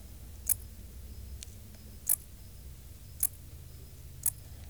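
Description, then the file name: Dark bush-cricket song of short, sharp, high-pitched chirps, four of them at somewhat uneven intervals, with a low hum underneath. "Pholidoptera griseoaptera"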